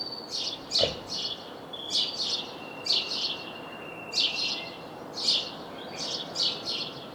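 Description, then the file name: House sparrow chirps, coarse and clustered in twos and threes about every second, along with a faint sustained whistle and one brief low knock early on. "Passer domesticus"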